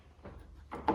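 An awning on an Auto Trail Apache 634 is wound back in until its roller seats in the cassette housing. A low rumble of winding is followed by clicks at 0.7 and 0.9 seconds, the second louder and sharper. The awning clicks home firmly in its housing.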